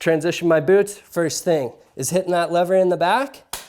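Someone talks while handling the walk-mode lever on the back of a ski touring boot, about to press it to switch the boot back to ski mode. Only speech is heard, with no distinct mechanical sound. Nothing has snapped or locked yet; the lever has not clicked into ski mode.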